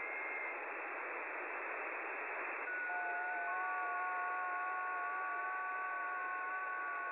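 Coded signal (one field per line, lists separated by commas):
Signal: FT8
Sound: hiss, then several quiet steady warbling tones starting together and holding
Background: radio static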